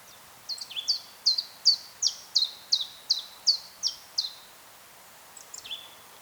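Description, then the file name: Eurasian blackcap song, a series of bright descending whistled notes, then a pause and a few more notes. "Sylvia atricapilla"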